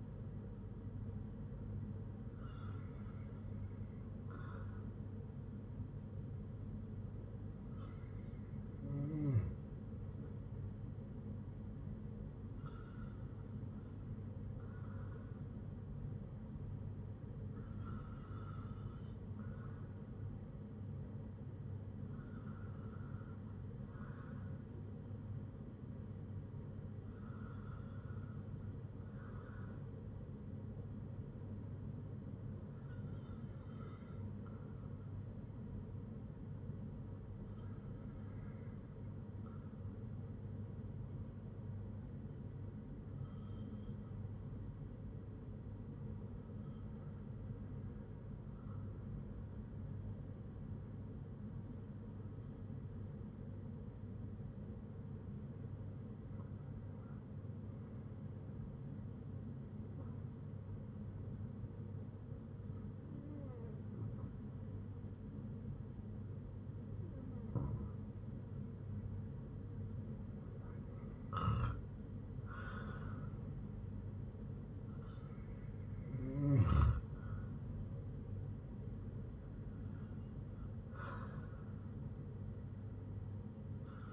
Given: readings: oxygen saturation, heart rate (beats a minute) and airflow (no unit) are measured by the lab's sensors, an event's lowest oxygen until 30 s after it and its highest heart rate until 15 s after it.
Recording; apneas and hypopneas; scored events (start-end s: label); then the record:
breathing in sleep by a smartphone at the bedside; 1
33.00-84.13 s: new sleep stage, REM sleep
48.00-75.20 s: hypopnea (REM, oxygen 95% highest, then 88% lowest, heart rate 63 at the start, 74 highest)
From the record:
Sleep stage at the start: N2 (light sleep); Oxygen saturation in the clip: 88 to 95%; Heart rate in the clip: 60 to 74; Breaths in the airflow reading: 19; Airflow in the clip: -9.0 to 6.8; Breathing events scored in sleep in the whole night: 182 in 7.4 hours asleep